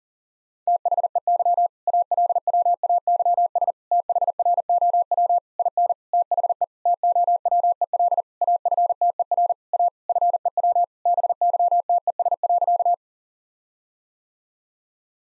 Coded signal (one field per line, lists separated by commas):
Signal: Morse code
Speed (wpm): 37 wpm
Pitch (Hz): 700 Hz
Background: none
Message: THEY ALWAYS THROW IN THE TOWEL AFTER A FEW BYTES.